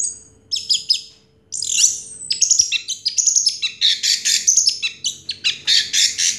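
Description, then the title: Orange-headed thrush singing high, varied phrases: thin whistles, quick trills and chattering notes that build into a dense, fast sequence. Sound used to prompt an orange-headed thrush that has stopped singing to start singing again. "Anis Merah Macet.. Pancing Dengan Suara Ini.. # Anis Merah"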